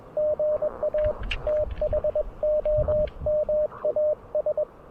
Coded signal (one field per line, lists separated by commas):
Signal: Morse code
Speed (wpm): 25 wpm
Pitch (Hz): 590 Hz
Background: radio noise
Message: GA THOMAS